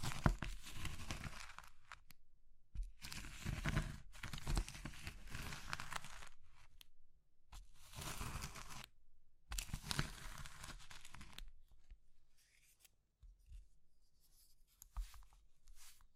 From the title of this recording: Crushing Triggers Soap, Chalk, Meringue, Pastel